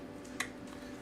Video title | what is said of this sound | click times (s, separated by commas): Chrono Core hangout on Kickstarter day! | all the tokens go in there too snaps right into the case | 0.4 s